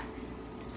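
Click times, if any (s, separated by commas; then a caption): none. A telescope lens is handled as it is passed through the bridge and sheath of a rigid cystoscope, on its way to locking in place. A steady low rustling carries several small hits, with a brief louder burst around 0.6 seconds. Nothing has seated or clicked yet; the lens is not yet locked home.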